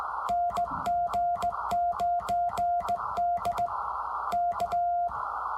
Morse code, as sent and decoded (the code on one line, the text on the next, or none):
-. --. ----. -.. / -.-
NG9D K